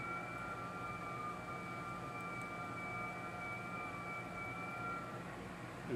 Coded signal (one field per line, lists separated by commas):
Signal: FT8